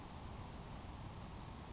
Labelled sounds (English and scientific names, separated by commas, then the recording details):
Grasshopper Sparrow (Ammodramus savannarum)
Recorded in Sonoma County, California